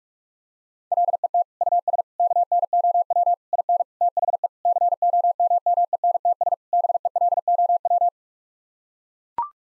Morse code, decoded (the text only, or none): LET US KNOW IN THE COMMENTS BELOW